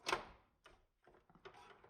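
A TP-Link PCIe WiFi adapter card is pushed into a motherboard PCIe expansion slot without force and seats with a solid click at 0.1 s, the loudest hit in the clip. Fainter knocks and rustling follow at about 0.7 s and 1.5 s as the card is handled.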